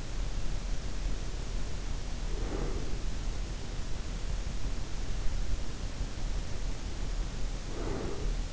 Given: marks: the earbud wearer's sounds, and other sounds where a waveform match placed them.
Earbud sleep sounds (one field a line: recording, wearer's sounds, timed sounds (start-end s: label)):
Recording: sounds in sleep by an in-ear microphone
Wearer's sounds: breath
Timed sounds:
1.61-3.05 s: breath
6.68-8.53 s: breath